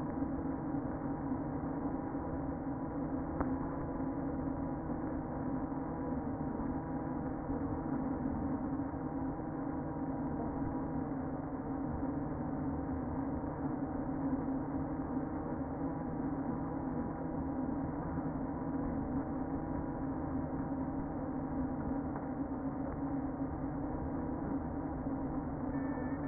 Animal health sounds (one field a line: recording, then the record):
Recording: honeybee colony, microphone inside the hive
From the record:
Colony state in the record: queen present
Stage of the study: before two queens were removed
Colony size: about 60,000 bees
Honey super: yes